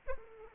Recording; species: mosquito wingbeat signal from an infrared sensor; Aedes aegypti